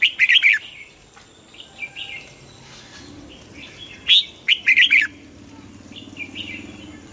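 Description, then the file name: Red-whiskered bulbul song: an energetic chattering phrase, soft twitters, then another loud rippling phrase. Hue strain red-whiskered bulbul singing in the double-voice style (giọng kép). "Tieng chao mao hue hot giong kep"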